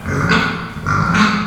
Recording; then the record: squeal of a Yucatan mini pig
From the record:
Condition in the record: after surgery on the right vocal fold (resection and tissue-engineered implant); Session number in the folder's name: 15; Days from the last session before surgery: 175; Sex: female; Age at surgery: 19 weeks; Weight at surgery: 25 kg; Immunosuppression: prednisolone